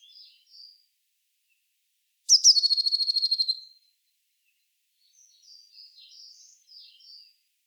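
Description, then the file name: Eurasian blue tit churring: a few soft high notes, then a loud rapid buzzy trill of about a dozen pulses, followed by a longer run of quiet high twittering. "Cyanistes caeruleus"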